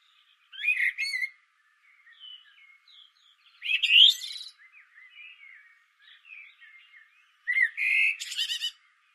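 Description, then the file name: Common blackbird song: short whistled phrases with high buzzy twittering endings, three bursts separated by soft birdsong. "Turdus merula"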